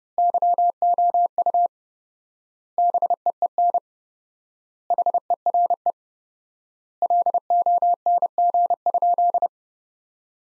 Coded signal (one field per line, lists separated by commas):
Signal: Morse code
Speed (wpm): 30 wpm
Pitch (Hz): 700 Hz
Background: none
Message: YOU BEEN HERE LONG?